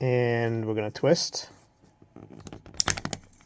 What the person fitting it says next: and that pops open the fob so the fob is now open